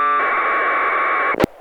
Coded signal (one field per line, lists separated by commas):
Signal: packet radio (AX.25, as in APRS)